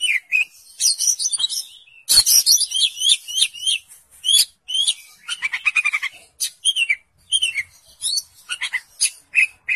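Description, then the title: Oriental magpie-robin song, a rich, varied run of whistles, sharp chirps and quick trills in rapid phrases with brief pauses between bursts. "Kacer"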